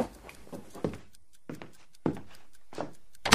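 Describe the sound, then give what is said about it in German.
A door where someone has been eavesdropping is opened with a series of soft thuds and rattling knocks, spaced unevenly over a few seconds, ending in a sharper bang; no one speaks. “Da ist jemand an der Tür. Wir werden belauscht.”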